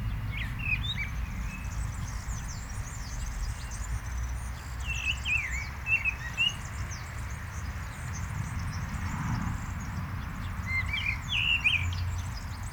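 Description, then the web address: Common blackbird giving scattered warbling whistled phrases throughout, over a busy high-pitched background and a steady low hum. "SETE data Turdus merula"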